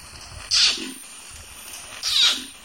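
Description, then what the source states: Orangutan kiss-squeaks: two sharp, breathy squeaks about a second and a half apart, each trailing into a brief lower tail. Kiss-squeaks are likened to human consonant-like sounds, made with similar mouth and tongue manipulation.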